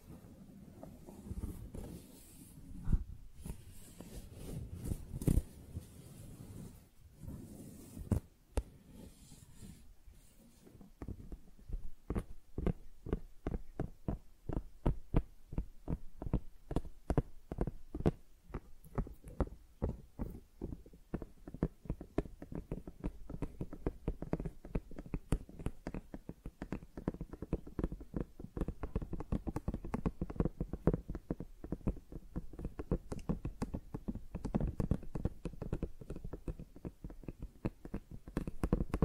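Tingly flower sounds: for the first ten seconds or so, irregular rustling and crinkling bursts come and go. After that, a dense run of quick, fairly regular taps or clicks takes over and continues steadily to the end, with a soft low thump under each.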